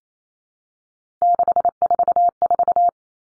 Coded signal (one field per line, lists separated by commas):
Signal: Morse code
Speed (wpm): 28 wpm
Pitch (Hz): 700 Hz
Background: none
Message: 644